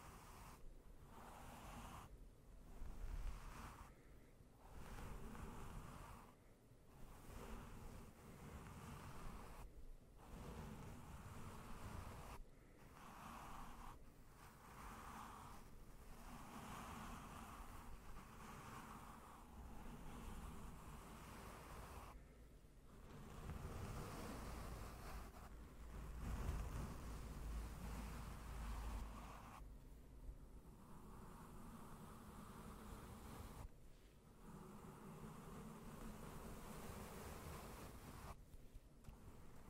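Slow, gentle brushing across a microphone makes soft, rushing swishes that rise and fall like surf, with a low rumble underneath. Each sweep lasts a few seconds, separated by brief near-silent breaks, and the strokes grow fuller and heavier in the middle of the clip.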